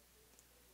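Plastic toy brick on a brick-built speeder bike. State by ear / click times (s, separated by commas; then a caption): partly seated / 0.4 s. A plastic LEGO brick is pressed at an angle onto the back of a custom brick-built Aratech 105-K Lancer speeder bike model, deliberately not pushed all the way in. A single faint tick is heard at 0.4 s over a quiet background. The brick is left only partly seated, not fully home.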